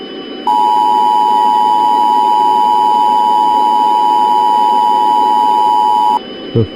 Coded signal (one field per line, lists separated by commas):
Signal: Emergency Alert System (SAME) tones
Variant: 853 and 960 Hz attention tone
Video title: Lunar Insanity: A Mini EAS Scenario